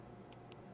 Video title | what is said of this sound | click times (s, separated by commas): Tamiya Mini 4WD - Electric Handy Drill - Complete Build | there we go you heard that snap right it's nice | 0.5 s